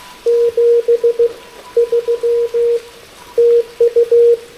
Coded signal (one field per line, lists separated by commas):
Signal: Morse code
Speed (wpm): 16 wpm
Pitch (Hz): 470 Hz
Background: radio noise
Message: 7 3 TU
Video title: QRP, Morse Code & Tea: A Rainy-Day POTA Activation with the Elecraft K2, AX3, and Vibroplex Bug!